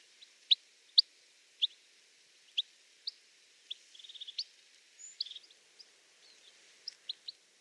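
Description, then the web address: Bird calls: scattered high chips with a brief rapid trill in the middle, over faint background hiss. "Deverinetal"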